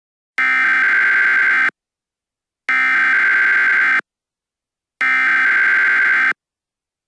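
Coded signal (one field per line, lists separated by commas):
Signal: Emergency Alert System (SAME) tones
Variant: header bursts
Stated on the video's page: Fictional EAS scenario that may contain valid EAS tones.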